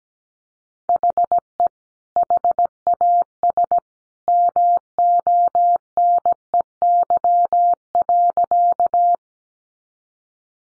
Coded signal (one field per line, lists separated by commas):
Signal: Morse code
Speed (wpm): 17 wpm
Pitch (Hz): 700 Hz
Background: none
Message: HE HAS MONEY.